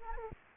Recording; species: mosquito wingbeat signal from an infrared sensor; Anopheles gambiae